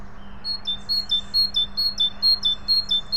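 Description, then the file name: Great tit song: loud, evenly spaced two-note phrases repeated several times, each pair dropping slightly in pitch, with a low steady hum underneath. "Parus major"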